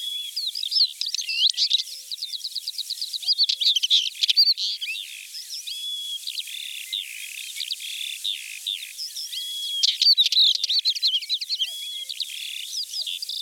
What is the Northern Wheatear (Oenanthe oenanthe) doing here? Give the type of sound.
song